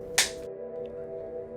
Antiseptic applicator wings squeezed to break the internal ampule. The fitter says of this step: the chloraprep applicator by squeezing the two wings on either side of the handle together until you hear a snap